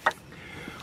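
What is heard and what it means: A plastic HID wiring connector is pushed into the headlight bulb socket harness of a 2013–2015 Honda Accord during an HID install. A single sharp click at 0.1 s is followed by quiet low background noise. The connector is seated, sealed and installed in the socket.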